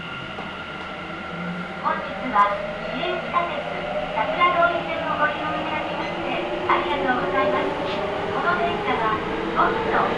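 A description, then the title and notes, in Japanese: A ride on the Nagoya Municipal Subway Sakura-dori Line, with a steady low rumble and rising motor whine tones gliding upward through the clip. Voices come in short bursts, starting around two seconds and becoming more frequent in the second half. 名古屋市営地下鉄桜通線 太閤通→徳重。桜通線の太閤通から徳重までの全区間を乗った時のものです。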